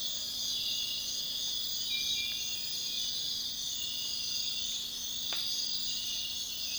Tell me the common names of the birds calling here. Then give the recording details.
none. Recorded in dense forest near Puerto Asís, Putumayo, Colombia, on 21 February 2024 at 05:30. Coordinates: 0.502, -76.324. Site G6370